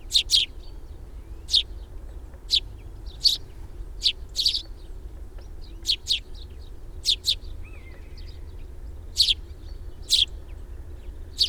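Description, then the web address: Sparrow chirping, short bright notes, often in pairs, repeated roughly every second over a low background hum. "fugl s-spurv"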